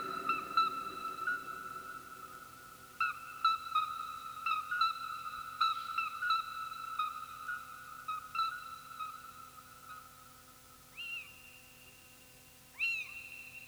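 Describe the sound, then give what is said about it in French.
Midwife toads calling: pure, bell-like piping notes repeat and overlap into a steady, high whistling chorus, with a few brief rising calls near the end. No voices. “Des crapauds alites”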